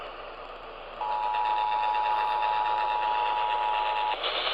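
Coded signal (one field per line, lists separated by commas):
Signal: Emergency Alert System (SAME) tones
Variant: 853 and 960 Hz attention tone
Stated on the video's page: EAS flash flood warning received on an AM station at 1130 kHz.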